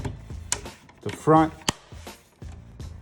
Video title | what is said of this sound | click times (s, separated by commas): Xbox One S No Power Repair Guide (RF Board/Power Button Replacement) | you're gonna hear the clips click in and we're done that's it | 0.5 s